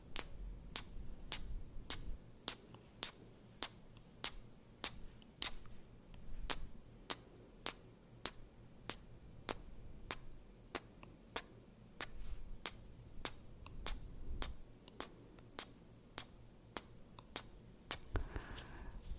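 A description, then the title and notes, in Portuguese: A steady string of little kisses, quick bright smacking clicks about two per second with short gaps between them. A low, even hum sits underneath throughout, and near the end a louder rustling burst interrupts the rhythm before the kisses continue. ASMR: 600 BEIJINHOS EM VOCÊ.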